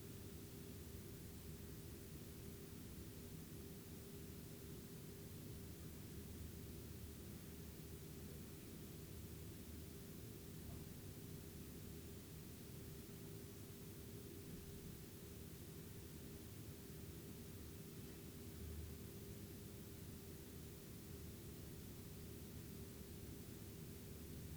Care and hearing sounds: daily activity, guitar pickup as the sensor; lie down

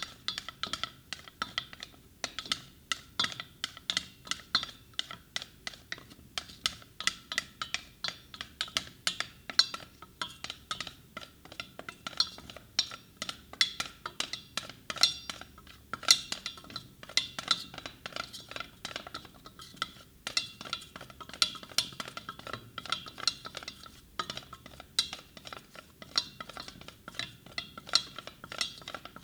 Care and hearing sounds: daily activity, guitar pickup as the sensor; fry

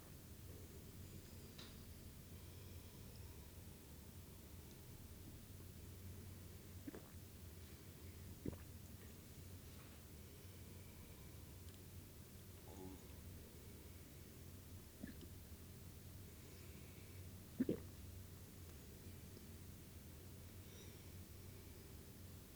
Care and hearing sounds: daily activity, guitar pickup as the sensor; drink water

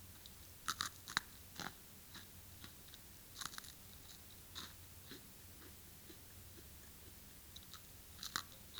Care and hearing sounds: daily activity, guitar pickup as the sensor; eat

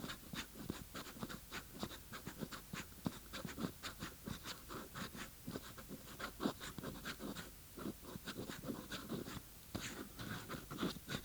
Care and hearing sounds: daily activity, guitar pickup as the sensor; write

